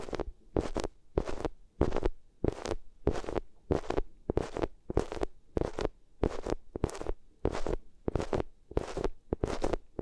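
Ears are rubbed against a material in a steady back-and-forth rhythm, each stroke a short scratchy swish, roughly one every half second. The strokes are full and bright with a low rumbling underneath, evenly spaced, with brief silences between them throughout.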